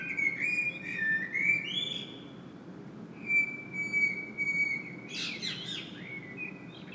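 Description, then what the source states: Common blackbird giving clear fluted phrases, a long level whistle in the middle, then a scratchy high twitter, with faint background noise. Recorded in Saint-Gilles, Belgium, blackbird singing; made with a Sony PCM-M10 internal microphone.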